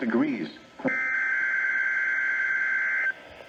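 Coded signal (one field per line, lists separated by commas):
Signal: Emergency Alert System (SAME) tones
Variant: header bursts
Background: speech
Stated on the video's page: Required weekly test played on three loud radios in a high-ceilinged living room, giving reverb.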